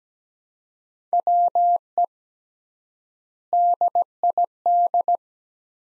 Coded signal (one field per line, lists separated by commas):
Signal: Morse code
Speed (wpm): 17 wpm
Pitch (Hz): 700 Hz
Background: none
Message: WE DID